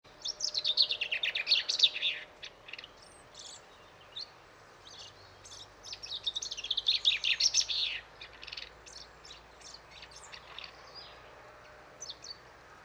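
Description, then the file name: Common chaffinch song: two bright, rattling phrases of quick notes that tumble downward into a flourish, followed by scattered single high chirps, over faint steady background hiss. "Fringilla coelebs"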